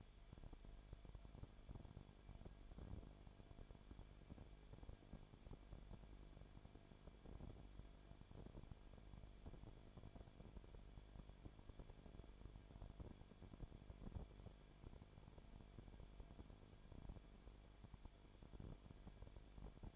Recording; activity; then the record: daily activity, microphone in the room; no activity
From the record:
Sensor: 5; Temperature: 19.8 degrees Celsius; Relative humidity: 33.3%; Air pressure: 1001.4 hPa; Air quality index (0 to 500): 31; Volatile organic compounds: 1 ppm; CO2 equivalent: 524 ppm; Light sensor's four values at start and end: 2/3/1/1 and 2/3/1/1